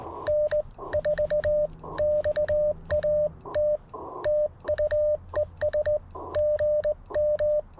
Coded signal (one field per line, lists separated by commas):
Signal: Morse code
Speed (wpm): 20 wpm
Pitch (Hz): 600 Hz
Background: none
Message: N4XAT TU ES GM